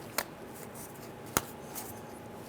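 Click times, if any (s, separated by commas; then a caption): 0.2 s, 1.4 s. On a 2005-2010 Chrysler 300 during a conductor plate replacement, the plastic lock on the keyed transmission electrical connector on the transmission case is rotated up to draw the connector in. Two sharp plastic snaps are heard at 0.2 s and 1.4 s, with faint handling noise in between. The connector lock snaps home and the connector is seated.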